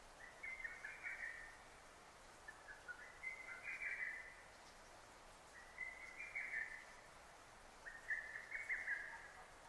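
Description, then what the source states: Lesser cuckoo: four rapid phrases of high, chattering notes, repeated about every two and a half seconds over a steady hiss. Recorded on 6 June 2009.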